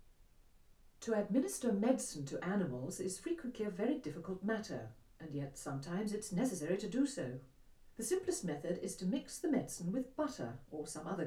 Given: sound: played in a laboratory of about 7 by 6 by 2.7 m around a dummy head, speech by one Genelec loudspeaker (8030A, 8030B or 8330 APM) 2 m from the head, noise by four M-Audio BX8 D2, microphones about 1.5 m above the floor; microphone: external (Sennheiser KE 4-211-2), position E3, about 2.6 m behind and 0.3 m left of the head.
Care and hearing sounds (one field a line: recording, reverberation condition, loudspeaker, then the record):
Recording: female speech in English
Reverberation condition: low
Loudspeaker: 90 degrees to the right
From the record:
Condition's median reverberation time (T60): about 310 ms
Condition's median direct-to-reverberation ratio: about 3.5 dB